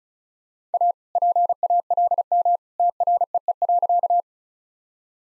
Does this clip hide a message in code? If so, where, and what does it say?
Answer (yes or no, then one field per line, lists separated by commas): yes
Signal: Morse code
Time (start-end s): 0.7-4.2 s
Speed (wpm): 34 wpm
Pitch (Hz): 700 Hz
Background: none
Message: A PALM TREE.